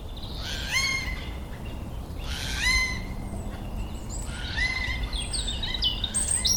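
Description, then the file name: Eurasian jay harsh calls: two loud, harmonic-rich squawks about two seconds apart, followed by a busier run of higher chirps, over steady low rumbling background noise. "Garrulus glandarius"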